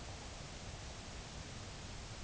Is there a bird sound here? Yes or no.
no